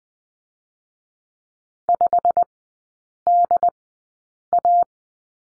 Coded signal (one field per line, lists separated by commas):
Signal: Morse code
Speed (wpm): 20 wpm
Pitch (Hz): 700 Hz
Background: none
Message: 5DA